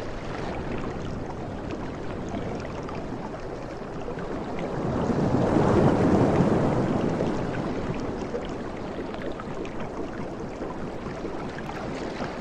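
Soft ocean waves wash in a steady, dense hiss with a low rumble underneath. Around six seconds a single wave swells a little louder and fuller, then eases back to the even background wash. A faint wind-like rush runs throughout.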